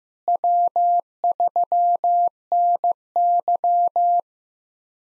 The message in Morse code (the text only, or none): W3NY